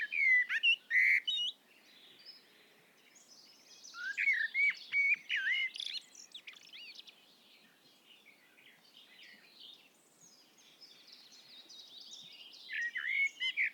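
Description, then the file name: Common blackbird song, mellow whistled warbles running into thin, scratchy high twitters, heard in phrases at the start, the middle and the end with pauses between. "Turdus merula"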